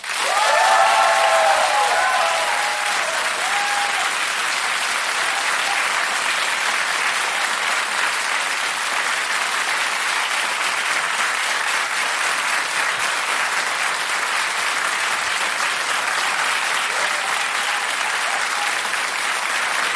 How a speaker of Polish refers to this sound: Teraz proszę o te największe brawa dla polskich artystów.